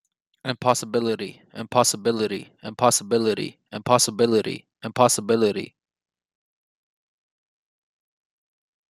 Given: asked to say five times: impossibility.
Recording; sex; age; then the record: repeated word; male; 20 to 29 years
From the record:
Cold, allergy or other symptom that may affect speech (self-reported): no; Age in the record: 23 years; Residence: Nevada, United States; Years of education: 15